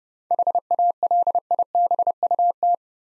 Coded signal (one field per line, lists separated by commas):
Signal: Morse code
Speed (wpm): 30 wpm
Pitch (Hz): 700 Hz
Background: none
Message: HALIBUT